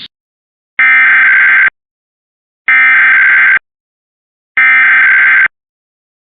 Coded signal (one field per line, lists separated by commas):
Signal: Emergency Alert System (SAME) tones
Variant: header bursts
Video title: Minnesota and Wisconsin Monthly Tests (EAS #559-569) 8/7/24